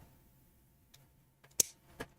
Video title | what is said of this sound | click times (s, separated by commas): Building a LEGO x Yugioh Dark Magician! | Boom. Beautiful click. | 1.6 s